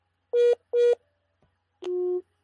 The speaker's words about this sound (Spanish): está entrando una llamada telefónica,